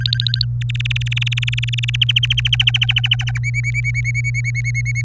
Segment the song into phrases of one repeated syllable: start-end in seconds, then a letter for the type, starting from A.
0.00-0.45 A, 0.61-2.04 B, 2.08-3.38 C, 3.43-5.01 D